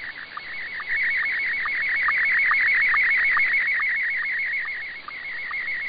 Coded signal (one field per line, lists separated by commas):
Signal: SSTV (slow-scan television)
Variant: Scottie 1